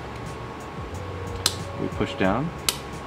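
An LED light board for a 6th-generation (2010–present) BMW 5 Series F10/F11 interior light is handled: its four corner rails are lined up with the empty spaces of a plastic clip in the trunk light housing and it is pushed down, while someone talks over a steady background hum. Brief sharp handling sounds stand out at about 1.5 s and 2.7 s, but nothing has seated or clicked yet.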